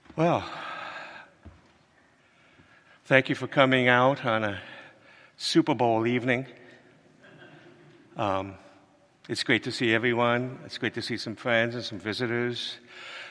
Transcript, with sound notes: Well, thank you for coming out on a Super Bowl evening.
(laughs)
Um, it's great to see everyone. It's great to see some friends and some visitors.